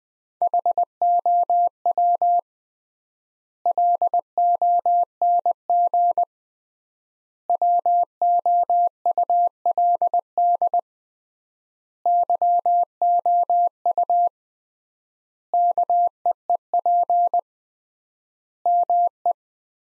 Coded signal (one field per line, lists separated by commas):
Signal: Morse code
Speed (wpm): 20 wpm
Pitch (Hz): 700 Hz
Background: none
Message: HOW LONG WOULD YOU KEEP ME